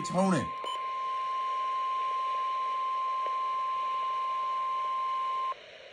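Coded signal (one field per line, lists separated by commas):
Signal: Emergency Alert System (SAME) tones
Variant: 1050 Hz attention tone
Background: speech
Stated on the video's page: Dust storm warning toned out over NOAA Weather Radio, 162.400 MHz, then relayed to FM, AM and TV outlets.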